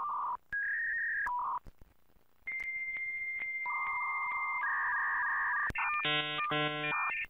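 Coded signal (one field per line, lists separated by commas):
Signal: dial-up modem handshake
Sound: steady beeps, a long high answer tone, fast warbling two-tone chatter, then buzzy tone bursts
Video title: Spectral analysis of a modem signal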